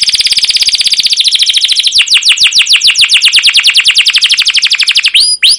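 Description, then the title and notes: Canary song: loud, rapid rolling trill of repeated high notes, shifting into slower downward-sweeping chirps, then a few clear whistled slurs at the end. Long, continuous canary singing with 'cuit cuit' chirps and 'ngerol' rolling trills, used as a lure and tutor recording for young canaries learning to sing. "CUIT CUIT NGEROL LANGSUNG GACOR PANJANG Kenari Pancingan KENAR. PANCINGAN Kenari GACOR PANJANG Cuit CUIT EMOSI MASTERAN Kenari PAUD belajar BUNYI. burung kenari"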